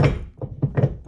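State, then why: Not seated. A removable tow ball mount is handled at the metal hitch receiver tube of a Tesla Model 3, giving a run of low thunks and knocks near 0.4, 0.6 and 0.8 seconds as it is worked toward the opening. Nothing has seated or clicked yet.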